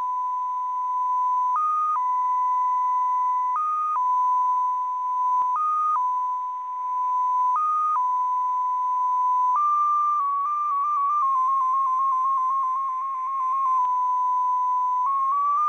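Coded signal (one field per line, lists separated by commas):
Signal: multi-tone FSK (Olivia or MFSK type)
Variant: XPA2, Russian 7 operator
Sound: steady whistle-like tone that hops between several close pitches in slow, measured steps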